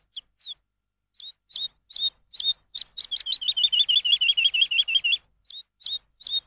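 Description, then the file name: Lark song opening with scattered high slurred notes, then a fast, dense run of twittering chirps, and ending with a few spaced notes again. Tutor recording used for training songbirds. "suara masteran lark"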